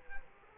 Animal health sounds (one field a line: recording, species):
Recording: mosquito wingbeat signal from an infrared sensor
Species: Culex quinquefasciatus